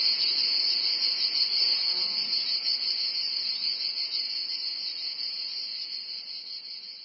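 Cicadas buzzing in a continuous high-pitched chorus that slowly fades quieter toward the end.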